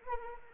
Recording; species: mosquito wingbeat signal from an infrared sensor; Anopheles arabiensis